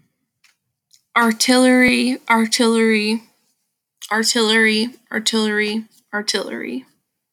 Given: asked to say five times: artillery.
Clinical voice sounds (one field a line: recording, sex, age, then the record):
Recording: repeated word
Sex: female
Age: 20 to 29 years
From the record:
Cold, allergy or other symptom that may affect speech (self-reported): no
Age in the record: 22 years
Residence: Alabama, United States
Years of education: 12